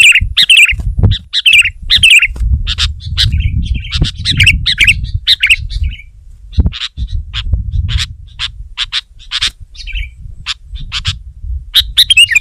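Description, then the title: Sooty-headed bulbul singing: warbled chirpy phrases at first, then a looser series of crisp single notes, roughly two per second, with low rumble underneath. "kutilang"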